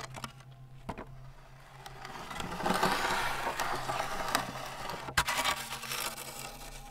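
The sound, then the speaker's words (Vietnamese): Rough, irregular scratching behind a door swells in the middle and then fades, broken by a few sharp clicks and knocks over a low steady hum. No one speaks. “cảm giác có tiếng như là ai đang cào cào ngay đằng sau cánh cửa.”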